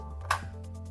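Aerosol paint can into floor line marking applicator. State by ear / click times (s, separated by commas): seated / 0.3 s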